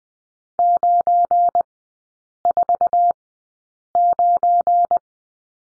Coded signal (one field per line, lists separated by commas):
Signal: Morse code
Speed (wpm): 20 wpm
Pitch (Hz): 700 Hz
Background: none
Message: 949